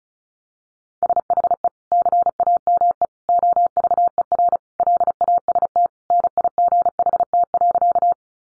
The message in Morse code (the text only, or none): SHE CAME OVER LAST NIGHT.